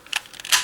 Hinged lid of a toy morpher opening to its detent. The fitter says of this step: when you open it up this clicks into place here